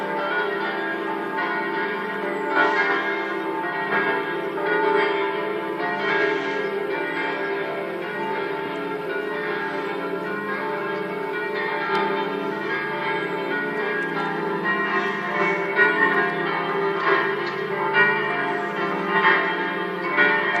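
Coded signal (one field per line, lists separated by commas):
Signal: bell signal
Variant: five-bell distesa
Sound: several church bells swinging freely, overlapping continuous ringing for the whole clip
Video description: distesa delle cinque campane minori mezz' ora prima della messa delle 09:30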